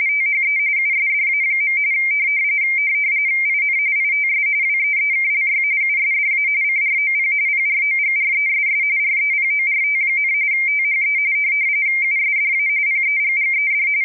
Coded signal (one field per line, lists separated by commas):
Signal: RTTY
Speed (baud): 45.45 baud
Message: THE USDA. IN ITS WEEKLY USDA CROP PROGRESS REPORT, THE USDA PEGGED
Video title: Decoding the ITTY Broadcasts at RTTY.com under Ubuntu Linux using minimodem.